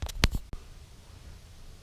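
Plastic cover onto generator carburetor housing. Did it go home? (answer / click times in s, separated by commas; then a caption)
yes / 0.2 s. A plastic cover is pressed down over the carburetor housing of a Honda EU2200i generator. A few soft taps lead into one sharp, loud snap at 0.2 seconds, followed by a faint tick and quiet. The cover snaps into place and is seated.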